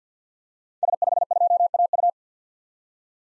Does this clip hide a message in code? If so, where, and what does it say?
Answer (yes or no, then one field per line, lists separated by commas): yes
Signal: Morse code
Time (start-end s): 0.8-2.1 s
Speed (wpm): 50 wpm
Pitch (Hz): 700 Hz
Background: none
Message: S52AU